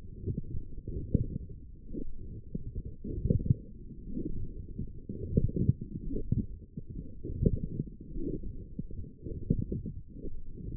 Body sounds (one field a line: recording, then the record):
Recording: forearm muscle sounds (acoustic myography)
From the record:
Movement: forearm pronation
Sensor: system 1, eight BSWA MPA416 microphones around the upper forearm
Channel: 7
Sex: female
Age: 22 years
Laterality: right